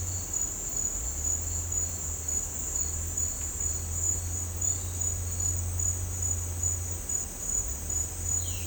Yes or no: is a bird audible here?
no